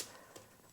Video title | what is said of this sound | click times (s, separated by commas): Vivid Pyrotechnics - VSR4 Rockets - 2023 Batch Landed Footage + Review | all the way across until it clicks | 0.4 s